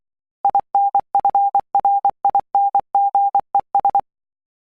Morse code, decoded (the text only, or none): INFRINGES